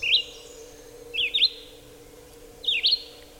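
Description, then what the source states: Red-eyed Vireo song: three brief, slurred whistled phrases, alternately rising and falling, spaced about one to one and a half seconds apart, with a low steady hum beneath. Song, heard in warmer months; nicknamed preacher bird as rarely quiet; clear, hurried whistles and short phrases separated by brief pauses, mnemonic 'Hey, you, over here. Look up high.'.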